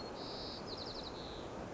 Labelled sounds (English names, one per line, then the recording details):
White-crowned Sparrow
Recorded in Sonoma County, California